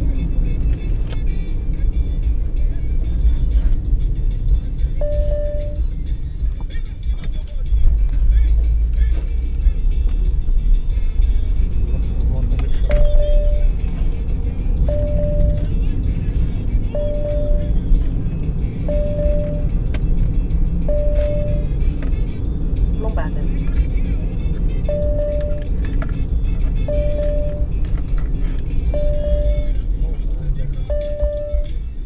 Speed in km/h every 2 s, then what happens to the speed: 55, 46, 35, 18, 23, 31, 40, 49, 58, 61, 63, 62, 60, 58, 50, 35.
0-6 brakes to 18. 7-20 speeds up to 63. 20-32 slows to 35.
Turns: none.